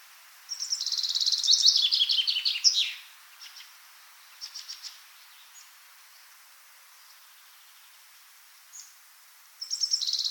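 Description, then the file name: Common chaffinch singing a rattling, downward-stepping trill that ends in a flourish, followed by a few soft notes and the start of a second phrase near the end. "Fringilla coelebs"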